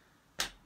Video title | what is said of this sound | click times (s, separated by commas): Are Martelli Notions worth it? | you push forward you hear that click boom | 0.4 s